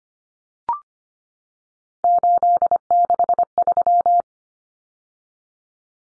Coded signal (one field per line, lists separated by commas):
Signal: Morse code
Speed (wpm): 25 wpm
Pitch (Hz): 700 Hz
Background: none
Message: 863